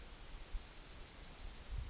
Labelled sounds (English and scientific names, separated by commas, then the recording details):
Yellowhammer (Emberiza citrinella) song
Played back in forest
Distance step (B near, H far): D
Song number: 040